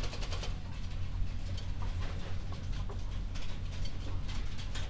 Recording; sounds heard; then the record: poultry house recording; healthy chickens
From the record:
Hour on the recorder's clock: 22